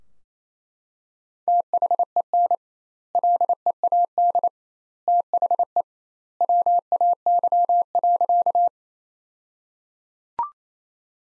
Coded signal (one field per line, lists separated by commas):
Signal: Morse code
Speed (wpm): 28 wpm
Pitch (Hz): 700 Hz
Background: none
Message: THEN LEAD THE WAY.